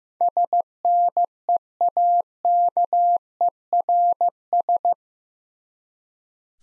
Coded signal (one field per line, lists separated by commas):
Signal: Morse code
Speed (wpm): 15 wpm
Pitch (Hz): 700 Hz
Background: none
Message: SNEAKERS